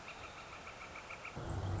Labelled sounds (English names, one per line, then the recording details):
Northern Flicker
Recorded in Sonoma County, California